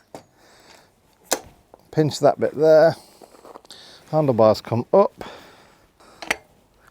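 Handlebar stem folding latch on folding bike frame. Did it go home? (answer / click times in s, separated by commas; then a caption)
yes / 6.3 s. While unfolding a Fiido D11 lightweight 20-inch-wheel folding e-bike, the handlebar stem is raised and its metal folding latch is closed on the folding bike frame. Someone talks, with a sharp knock at 1.3 s, and the latch gives a sharp click at 6.3 s as it seats in place.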